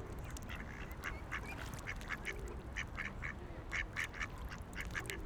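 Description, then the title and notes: Ducks giving many short, rapid quacks throughout, with steady low background noise. Several ducks on a lake in a park in Vienna, being given food by people. "Patos Viena. Este es el momento en el cual en un parque de Viena damos comida a unos patos que encontramos en un lago"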